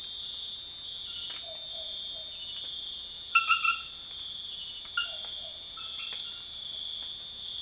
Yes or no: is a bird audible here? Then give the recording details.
no. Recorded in dense forest near Puerto Asís, Putumayo, Colombia, on 19 February 2024 at 02:00. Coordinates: 0.496, -76.326. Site G6383